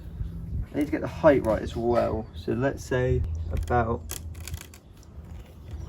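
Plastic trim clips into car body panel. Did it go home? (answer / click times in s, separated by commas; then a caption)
no / none. Someone talks while positioning a plastic trim piece on a car, setting it to the right height before pressing its plastic clips into the car body panel. Two brief sharp sounds occur around 4.5 s and 4.6 s as the trim is handled. Nothing has seated or clicked into place yet.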